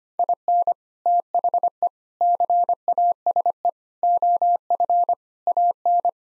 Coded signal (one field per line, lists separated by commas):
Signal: Morse code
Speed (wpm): 25 wpm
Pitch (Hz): 700 Hz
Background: none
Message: IN THE CASE OF AN